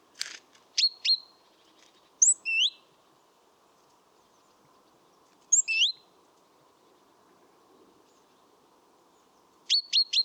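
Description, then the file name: Great tit calls: short high, sharply bent notes in clusters of two or three, with bursts near the start, around two and five seconds, and at the end, separated by quiet gaps. "Parus major"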